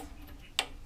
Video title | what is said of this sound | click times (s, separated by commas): Hayter Hayterette Been Sat For Over Two Years #hayter #hayterette #workshoprepair | can hear clicking wait for the last click there | 0.6 s